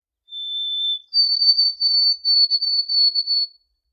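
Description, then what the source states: Songbird song: a steady high whistled note, then a longer, slightly higher whistle pulsing in quick beats for over two seconds, with nothing else heard. Solo songbird in deciduous forest.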